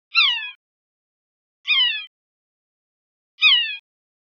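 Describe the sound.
Red-naped sapsucker calling three times, short descending nasal squeals like a mewing cat, spaced roughly every one and a half to two seconds against silence.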